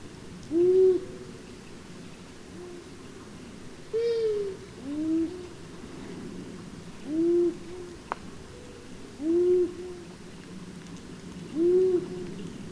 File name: Hibou moyen duc